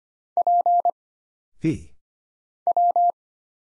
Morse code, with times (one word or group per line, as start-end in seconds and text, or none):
0.4-0.9 P
2.7-3.1 W